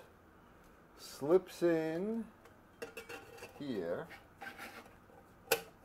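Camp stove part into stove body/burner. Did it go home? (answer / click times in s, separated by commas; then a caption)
yes / 5.5 s. A part of a Camp Chef Mountain Series Stryker compact camping stove is slid into the stove body and burner while someone talks, with light clattering along the way. A sharp, loud click at 5.5 s marks the part locking into place.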